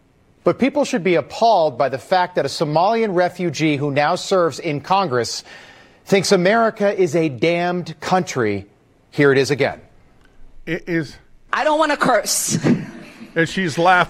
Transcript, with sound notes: But people should be appalled by the fact that a Somalian refugee who now serves in Congress thinks America is a damned country. Here it is again.
It is-
I don't wanna curse. (laughs)
And she's laughing.